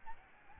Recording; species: mosquito wingbeat signal from an infrared sensor; Aedes albopictus